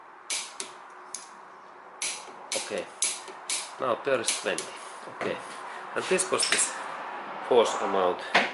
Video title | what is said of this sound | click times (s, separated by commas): How to replace brake pads Toyota Camry. Years 1992 to 2006 | that can be we listen this click it'll be way click sound okay | 0.6 s, 1.1 s, 2.0 s, 2.5 s